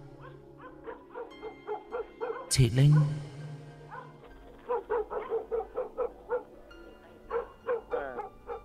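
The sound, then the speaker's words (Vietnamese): A yellow dog suddenly growls and then breaks into a run of sharp, repeated barks, loud and rhythmic, with a brief burst of noise early on and a voice speaking briefly over it. “Con chó vàng bỗng nhiên gầm gừ sủa lên.”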